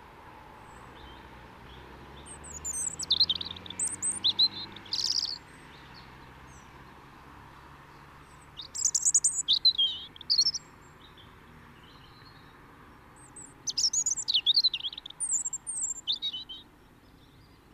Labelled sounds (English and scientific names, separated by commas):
European Robin (Erithacus rubecula) song